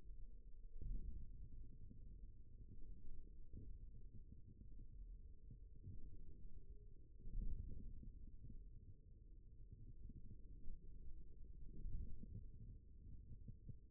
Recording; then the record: forearm muscle sounds (acoustic myography)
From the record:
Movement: forearm supination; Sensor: system 1, eight BSWA MPA416 microphones around the upper forearm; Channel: 4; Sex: male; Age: 41 years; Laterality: right